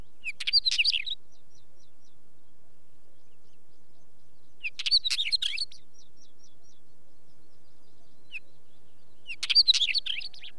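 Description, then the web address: Northern wheatear singing short, scratchy, crackling phrases, repeated roughly every four to five seconds, while faint thin ticks continue in the quiet gaps. "The BBC Sound Effects Library - Complete 60 CDs Collection Sound Effects Library-12 (British Birds) 20 Wheatear Bird"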